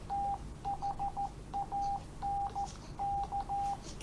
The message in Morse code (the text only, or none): THANK